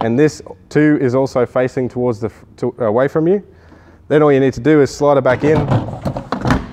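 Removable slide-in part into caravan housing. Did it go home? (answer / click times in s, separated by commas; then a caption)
yes / 6.3 s. Someone talks while a removable part is turned to face the right way and slid back into its housing in a caravan. A series of short knocks follows as it goes in, and it clicks into place at 6.3 s, seated.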